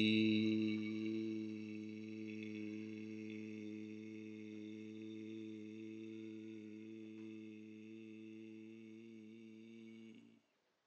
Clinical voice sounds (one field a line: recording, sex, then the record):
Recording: sustained vowel /i/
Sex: male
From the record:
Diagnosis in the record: healthy control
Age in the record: 76 years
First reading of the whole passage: 56 s, 9.2 characters per second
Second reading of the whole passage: 53 s, 9.7 characters per second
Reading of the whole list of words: 49 s, 5.7 characters per second